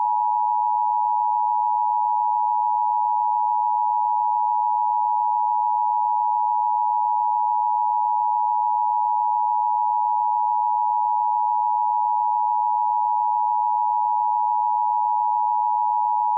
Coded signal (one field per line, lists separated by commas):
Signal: Emergency Alert System (SAME) tones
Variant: 853 and 960 Hz attention tone